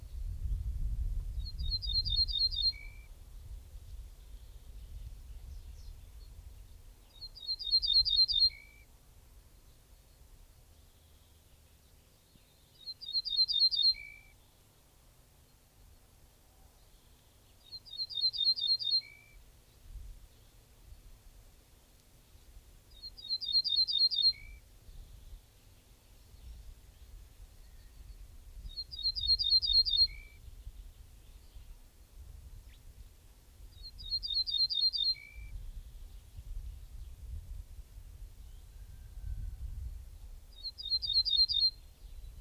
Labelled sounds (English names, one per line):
Ortolan Bunting song